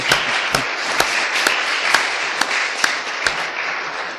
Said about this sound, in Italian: Hanno conseguito il diploma anche Boninsegna Cristina e Giovannini Antonio, si scusano perché non hanno potuto partecipare, ma penso che un applauso se lo meritano anche loro.